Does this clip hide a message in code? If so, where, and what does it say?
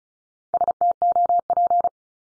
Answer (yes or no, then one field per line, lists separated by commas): yes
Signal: Morse code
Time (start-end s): 0.5-1.9 s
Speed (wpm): 36 wpm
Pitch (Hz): 700 Hz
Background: none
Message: STOP